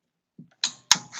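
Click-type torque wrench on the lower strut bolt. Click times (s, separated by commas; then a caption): 0.9 s. A click-type torque wrench tightens the lower strut-to-wheel-bearing-housing bolt on a Mk1 VW Golf / Rabbit during an ST coilover install, set to 59 ft-lb. A soft low thump at about 0.4 s and a brighter metallic snap at 0.6 s lead up to a sharp, loud click at 0.9 s. That click confirms the wrench has reached its torque setting.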